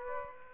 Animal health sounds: mosquito wingbeat signal from an infrared sensor; Aedes aegypti

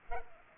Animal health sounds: mosquito wingbeat signal from an infrared sensor; Culex pipiens

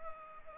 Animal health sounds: mosquito wingbeat signal from an infrared sensor; Culex pipiens

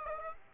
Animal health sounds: mosquito wingbeat signal from an infrared sensor; Aedes aegypti

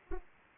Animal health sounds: mosquito wingbeat signal from an infrared sensor; Anopheles arabiensis

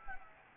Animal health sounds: mosquito wingbeat signal from an infrared sensor; Anopheles gambiae

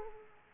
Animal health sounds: mosquito wingbeat signal from an infrared sensor; Aedes aegypti

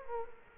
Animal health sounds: mosquito wingbeat signal from an infrared sensor; Culex quinquefasciatus

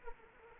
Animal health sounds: mosquito wingbeat signal from an infrared sensor; Anopheles arabiensis

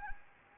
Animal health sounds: mosquito wingbeat signal from an infrared sensor; Anopheles gambiae

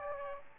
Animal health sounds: mosquito wingbeat signal from an infrared sensor; Aedes aegypti

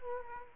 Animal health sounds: mosquito wingbeat signal from an infrared sensor; Culex quinquefasciatus

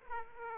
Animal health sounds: mosquito wingbeat signal from an infrared sensor; Aedes aegypti

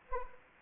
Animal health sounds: mosquito wingbeat signal from an infrared sensor; Anopheles arabiensis

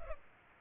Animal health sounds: mosquito wingbeat signal from an infrared sensor; Culex pipiens

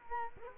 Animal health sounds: mosquito wingbeat signal from an infrared sensor; Culex quinquefasciatus

